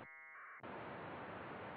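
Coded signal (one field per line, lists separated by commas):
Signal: packet radio (AX.25, as in APRS)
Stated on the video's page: VHF packet at AFSK AX.25 1200 baud generated by the SoundModem software TNC for Winlink Express.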